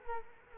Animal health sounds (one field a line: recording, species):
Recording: mosquito wingbeat signal from an infrared sensor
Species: Culex quinquefasciatus